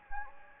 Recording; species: mosquito wingbeat signal from an infrared sensor; Anopheles gambiae